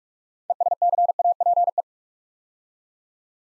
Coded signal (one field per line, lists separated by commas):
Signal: Morse code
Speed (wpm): 44 wpm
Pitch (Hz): 700 Hz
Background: none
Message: ESCAPE